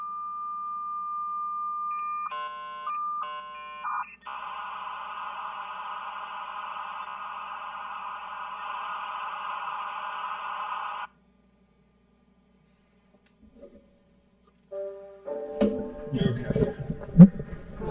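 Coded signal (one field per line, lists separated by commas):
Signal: dial-up modem handshake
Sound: a steady tone, a few short warbling bursts, then several seconds of loud wideband hiss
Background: speech afterward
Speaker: Hopefully that'll be a little bit better of a connection. That sounded a little bit more normal than before.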